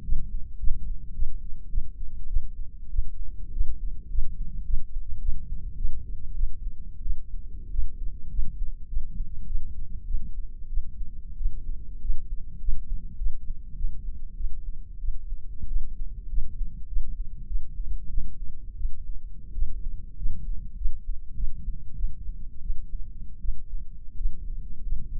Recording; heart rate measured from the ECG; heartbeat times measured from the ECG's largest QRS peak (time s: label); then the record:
heart sounds by microphone in the left ear; 97 bpm
0.04 s: heartbeat
0.59 s: heartbeat
1.14 s: heartbeat
1.69 s: heartbeat
2.28 s: heartbeat
2.90 s: heartbeat
3.52 s: heartbeat
4.09 s: heartbeat
4.65 s: heartbeat
5.20 s: heartbeat
5.76 s: heartbeat
6.35 s: heartbeat
7.02 s: heartbeat
7.70 s: heartbeat
8.30 s: heartbeat
8.88 s: heartbeat
9.46 s: heartbeat
10.06 s: heartbeat
10.69 s: heartbeat
11.37 s: heartbeat
12.01 s: heartbeat
12.60 s: heartbeat
13.17 s: heartbeat
13.76 s: heartbeat
14.36 s: heartbeat
15.00 s: heartbeat
15.67 s: heartbeat
16.28 s: heartbeat
16.87 s: heartbeat
17.46 s: heartbeat
18.09 s: heartbeat
18.76 s: heartbeat
19.53 s: heartbeat
20.16 s: heartbeat
20.76 s: heartbeat
21.35 s: heartbeat
21.95 s: heartbeat
22.61 s: heartbeat
23.40 s: heartbeat
24.16 s: heartbeat
24.82 s: heartbeat
From the record:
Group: healthy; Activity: rest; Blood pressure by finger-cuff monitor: 117/72 mmHg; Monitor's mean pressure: 87 mmHg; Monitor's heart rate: 100 bpm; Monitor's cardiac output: 8.4 L/min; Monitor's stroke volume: 86 mL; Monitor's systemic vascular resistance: 770 dyn s/cm5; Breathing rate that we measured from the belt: 15 breaths a minute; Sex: female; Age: 22 years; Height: 157 cm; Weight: 47.6 kg